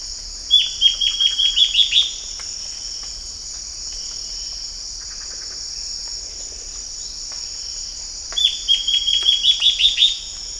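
Bird calling twice, each a rapid run of sharp, high, downward-flicking notes that quicken toward the end, with a steady high-pitched cricket buzz throughout.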